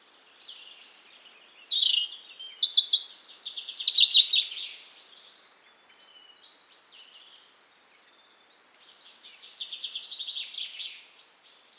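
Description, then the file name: European robin song, a long cascade of high warbled and trilled notes, fading to quiet twitters, then another rippling trilled phrase after a brief pause. "Erithacus rubecula"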